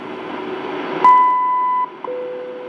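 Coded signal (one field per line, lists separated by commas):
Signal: radio time signal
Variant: WWV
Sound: static, then a strong 0.8-second 1 kHz beep, brief gap, then a steady lower 500 Hz tone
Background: radio static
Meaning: The long 1000 Hz tone marks the start of a minute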